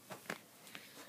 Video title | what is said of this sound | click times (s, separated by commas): Survey the Freezer | insert it back again you'll hear it click and it's going to go ahead and call out | 0.3 s